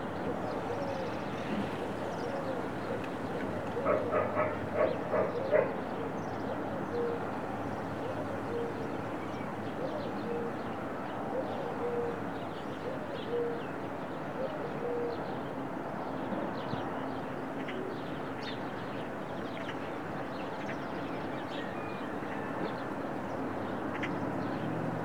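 A steady outdoor bed of soft, dense murmur from the Serra de Collserola, with a low rumble running throughout. Around four to six seconds a few brief, brighter chirps or calls stand out, and scattered small ticks and faint sounds appear later.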